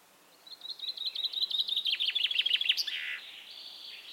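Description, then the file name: Common chaffinch singing a fast series of high, slightly descending notes that end in a short terminal flourish; little else audible. "Fringilla coelebs"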